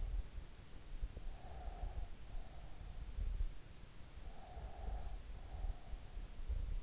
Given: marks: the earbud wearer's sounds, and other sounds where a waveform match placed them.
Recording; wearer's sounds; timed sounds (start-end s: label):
sounds in sleep by an in-ear microphone; breath
1.35-3.05 s: breath
4.18-6.43 s: breath